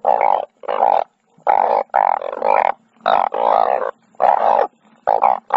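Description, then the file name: Banded bullfrog producing several nasal moaning calls, some doubled, with short gaps between. "tieng enh uong keu"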